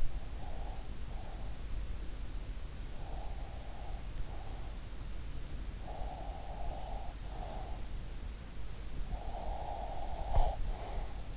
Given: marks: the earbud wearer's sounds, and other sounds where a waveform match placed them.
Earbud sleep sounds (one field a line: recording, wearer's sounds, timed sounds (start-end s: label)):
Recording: sounds in sleep by an in-ear microphone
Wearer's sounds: breath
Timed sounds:
0.00-2.24 s: breath
3.04-8.41 s: breath
8.89-11.37 s: breath